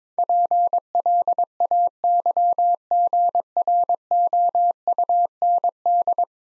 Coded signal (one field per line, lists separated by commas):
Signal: Morse code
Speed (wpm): 22 wpm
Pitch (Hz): 700 Hz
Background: none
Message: PLAYGROUND